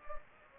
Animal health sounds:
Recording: mosquito wingbeat signal from an infrared sensor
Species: Anopheles gambiae

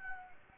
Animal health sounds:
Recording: mosquito wingbeat signal from an infrared sensor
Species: Anopheles gambiae

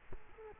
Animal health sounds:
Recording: mosquito wingbeat signal from an infrared sensor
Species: Culex quinquefasciatus

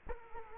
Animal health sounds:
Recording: mosquito wingbeat signal from an infrared sensor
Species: Culex quinquefasciatus

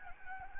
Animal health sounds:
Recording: mosquito wingbeat signal from an infrared sensor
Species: Anopheles gambiae

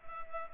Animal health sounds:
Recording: mosquito wingbeat signal from an infrared sensor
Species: Culex pipiens

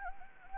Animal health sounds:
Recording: mosquito wingbeat signal from an infrared sensor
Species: Anopheles gambiae

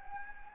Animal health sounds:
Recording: mosquito wingbeat signal from an infrared sensor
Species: Anopheles gambiae

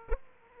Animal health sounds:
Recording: mosquito wingbeat signal from an infrared sensor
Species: Aedes aegypti

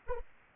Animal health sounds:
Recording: mosquito wingbeat signal from an infrared sensor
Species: Anopheles arabiensis

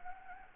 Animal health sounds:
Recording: mosquito wingbeat signal from an infrared sensor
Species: Anopheles gambiae

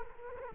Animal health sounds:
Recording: mosquito wingbeat signal from an infrared sensor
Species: Culex quinquefasciatus

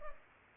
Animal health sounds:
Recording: mosquito wingbeat signal from an infrared sensor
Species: Culex pipiens

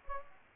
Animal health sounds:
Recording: mosquito wingbeat signal from an infrared sensor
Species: Anopheles gambiae

